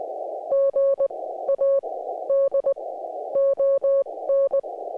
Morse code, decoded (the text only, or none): GA DON